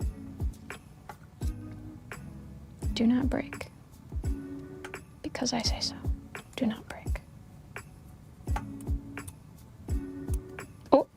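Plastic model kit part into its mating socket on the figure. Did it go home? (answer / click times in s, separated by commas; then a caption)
yes / 10.9 s. A plastic Gundam model kit part is pressed carefully onto its peg, into its mating socket on the figure, with care taken not to break it. Someone talks over faint small taps and handling sounds. A sharp, loud click at 10.9 s confirms the part has seated in place.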